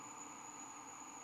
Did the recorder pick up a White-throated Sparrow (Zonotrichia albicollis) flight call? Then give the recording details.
no. No flight call is heard. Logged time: 11:41 on 15 December 2014